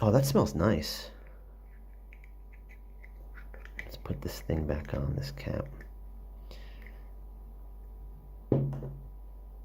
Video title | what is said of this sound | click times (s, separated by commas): EDT Ep.24: Vintage 80's Azzaro Pour Homme | but it did seem to snap into place. | 8.5 s